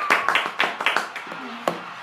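A short burst of applause: a handful of sharp, uneven claps that thin out after a second or so, ending with one last clap and a faint voice beneath.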